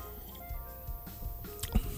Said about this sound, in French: Sur ce, eh bien, je m'envoie une petite autre gorgée, comme ça.